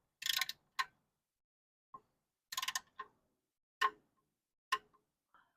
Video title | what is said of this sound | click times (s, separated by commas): 2015 Toyota Highlander oil change, air filter check and other info. | if you hear it click or not I got the click now | 4.7 s